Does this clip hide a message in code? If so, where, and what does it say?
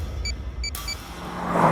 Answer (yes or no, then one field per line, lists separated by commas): no